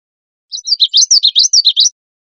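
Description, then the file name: Common yellowthroat singing one brisk burst of repeated high, wavering phrases, several in a row, each swinging up and down, against silence. Recorded 27 April 2002. "CR COYE 6 042702"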